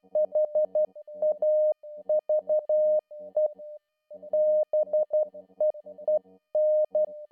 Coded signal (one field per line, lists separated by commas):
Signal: Morse code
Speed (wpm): 12 wpm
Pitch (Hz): 610 Hz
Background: music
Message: HAVE BEEN